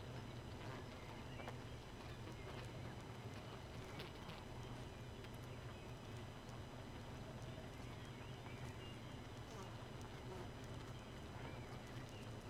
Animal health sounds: honeybee colony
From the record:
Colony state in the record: missing queen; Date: 31 May 2018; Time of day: 2:56

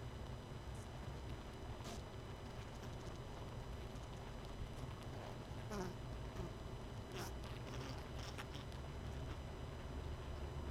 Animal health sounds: honeybee colony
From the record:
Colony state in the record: missing queen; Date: 31 May 2018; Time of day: 19:53

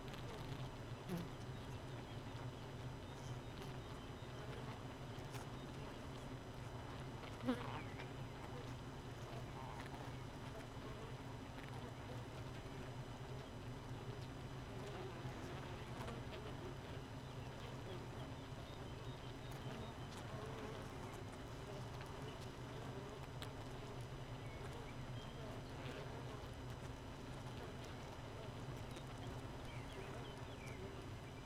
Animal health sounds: honeybee colony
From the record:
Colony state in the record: missing queen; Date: 31 May 2018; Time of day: 4:27

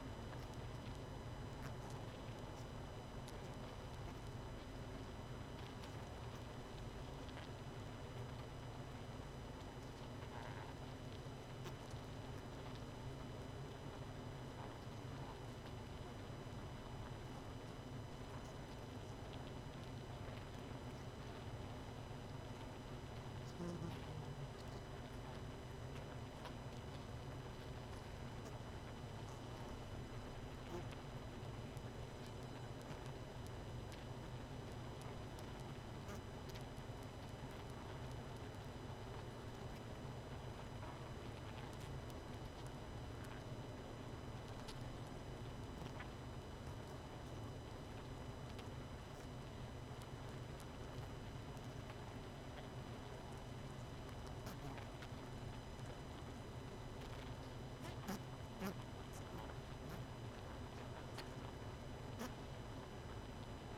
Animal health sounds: honeybee colony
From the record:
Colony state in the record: missing queen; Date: 31 May 2018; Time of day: 21:38

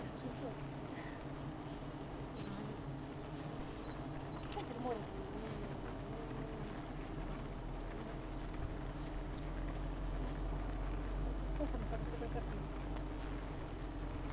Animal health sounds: honeybee colony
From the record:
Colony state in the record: missing queen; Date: 14 July 2017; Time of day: 7:30

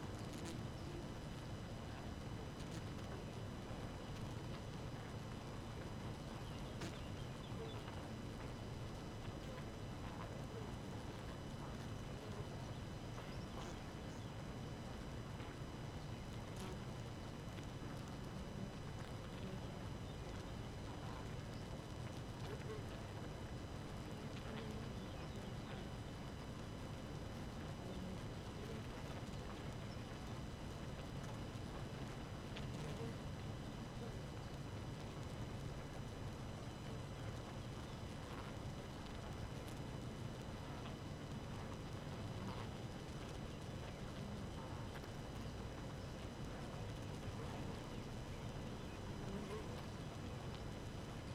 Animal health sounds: honeybee colony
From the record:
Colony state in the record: active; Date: 12 June 2018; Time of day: 4:47

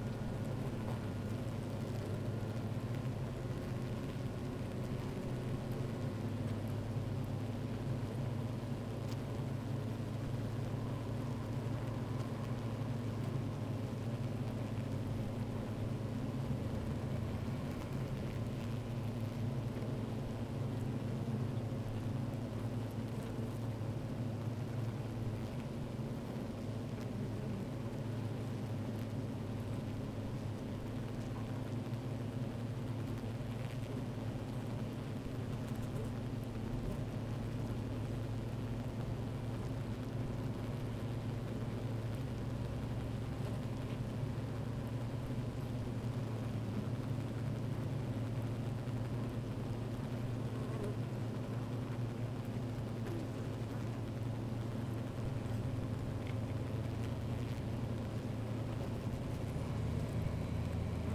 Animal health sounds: honeybee colony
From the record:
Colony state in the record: active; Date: 28 July 2017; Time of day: 12:37

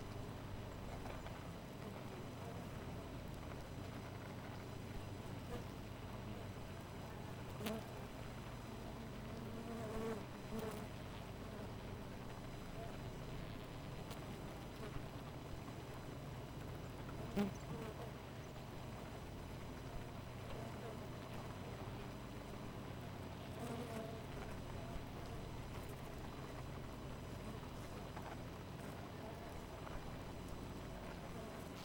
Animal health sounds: honeybee colony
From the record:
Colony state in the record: missing queen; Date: 14 July 2017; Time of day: 4:11

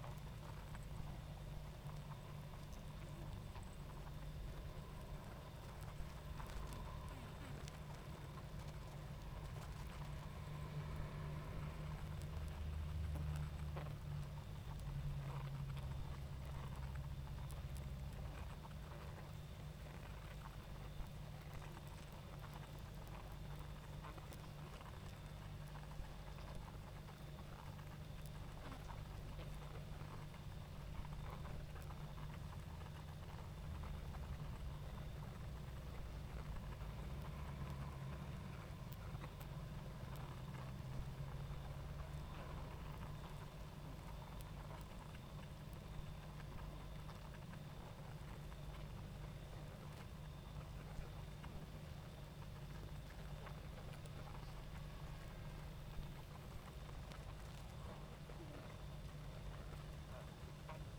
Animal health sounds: honeybee colony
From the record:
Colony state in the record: active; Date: 28 July 2017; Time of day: 20:04

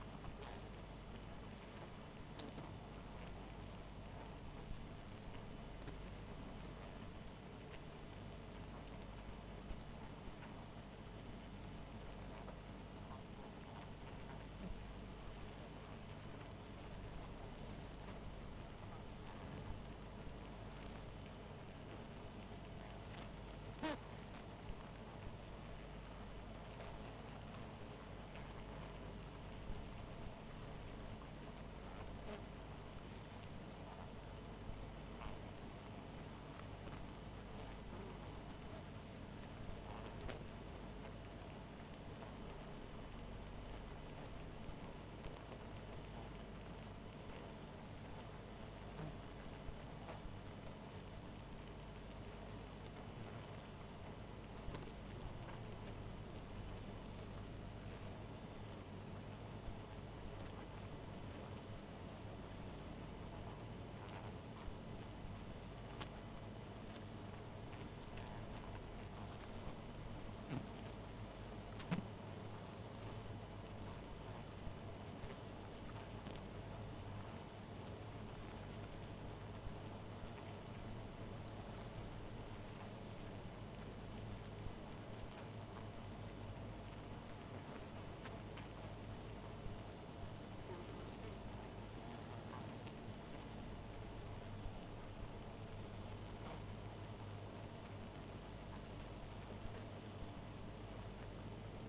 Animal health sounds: honeybee colony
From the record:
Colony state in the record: missing queen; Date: 14 July 2017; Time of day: 0:50

